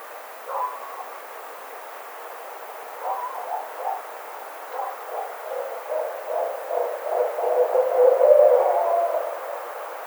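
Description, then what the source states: Barred owl: spaced low hoots quicken into a rapid, rhythmic cackling series that grows louder, peaks near the end, then softens. Recorded 9 April 2009.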